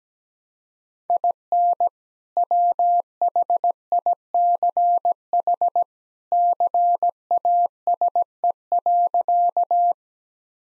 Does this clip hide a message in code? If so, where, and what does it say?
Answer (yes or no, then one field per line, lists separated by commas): yes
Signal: Morse code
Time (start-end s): 1.1-9.9 s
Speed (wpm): 17 wpm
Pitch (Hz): 700 Hz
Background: none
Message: IN WHICH CASE.